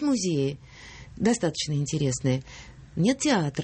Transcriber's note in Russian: none